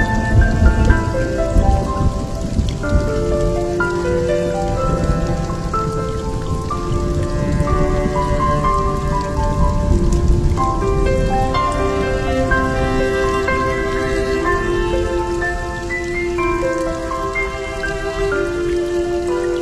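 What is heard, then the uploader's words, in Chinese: Steady, dense rain hisses evenly throughout, with low rumbling texture underneath. Over it, soft sustained musical notes rise and fall in a slow melody, layered chords changing every second or two. The level stays constant, with no distinct thunderclaps. 3D雷雨。来自大自然下雨的声音。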